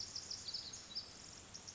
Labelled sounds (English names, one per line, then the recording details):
Pacific Wren
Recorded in Sonoma County, California